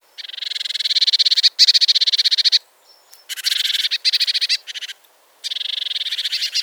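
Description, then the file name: Eurasian blue tit churring calls: rapid buzzy trills in several bursts of varying length, separated by short pauses, with a faint thin whistle between. "Cyanistes caeruleus"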